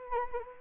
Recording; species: mosquito wingbeat signal from an infrared sensor; Anopheles gambiae